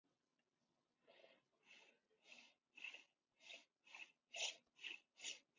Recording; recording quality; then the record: shallow breathing; excellent, no background noise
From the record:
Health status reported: healthy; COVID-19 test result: not tested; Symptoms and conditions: none ticked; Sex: female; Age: 32 years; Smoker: not ticked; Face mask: not worn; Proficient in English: yes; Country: United States